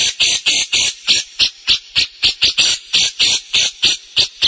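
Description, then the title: Grey-cheeked bulbul uttering rapid, evenly spaced scratchy notes, around three to four a second, continuing without pause throughout. "CUCAK JENGGOT"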